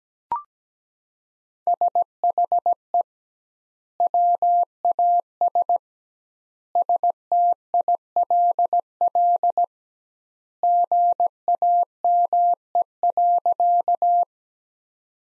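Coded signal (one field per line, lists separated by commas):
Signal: Morse code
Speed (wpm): 17 wpm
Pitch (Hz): 700 Hz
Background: none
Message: SHE WAS STILL GAME.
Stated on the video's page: Morse practice of sentences from the top 500 words at 17 wpm, sent with twice standard word spacing, a word-based analogue of Farnsworth spacing.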